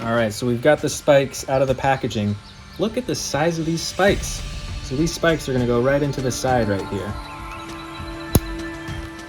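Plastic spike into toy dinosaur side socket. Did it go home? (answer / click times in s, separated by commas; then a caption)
yes / 8.3 s. A large plastic spike is pushed into the side socket of a Kentrosaurus toy dinosaur figure while someone talks over background music. A sharp click is heard at 8.4 s as the spike seats into the socket.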